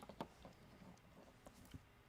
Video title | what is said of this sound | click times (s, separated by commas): Heavy Infantry Mandalorian by Hot Toys - Unsealed and Revealed | okay did you hear that click by the way i did hear the click okay great job | 0.2 s